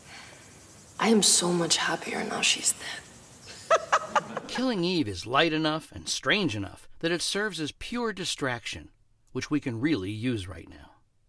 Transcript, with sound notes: I am so much happier now she's dead (laughter).
"Killing Eve" is light enough and strange enough that it serves as pure distraction, which we can really use right now.